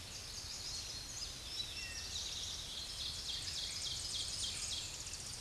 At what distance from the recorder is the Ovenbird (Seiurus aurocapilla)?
about 55 m